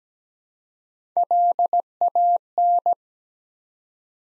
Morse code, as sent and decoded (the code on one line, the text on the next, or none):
.-.. .- -.
LAN